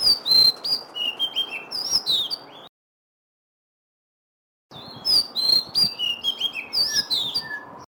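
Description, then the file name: Oriental magpie-robin delivering lively, varied whistled phrases in two bursts separated by a two-second pause, with faint hiss beneath. Song of the variety locally called kacer lutung cebu. "suara kicauan kacer lutung cebu. omkicau"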